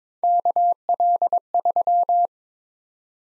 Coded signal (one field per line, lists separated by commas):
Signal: Morse code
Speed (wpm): 22 wpm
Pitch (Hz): 700 Hz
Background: none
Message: KL3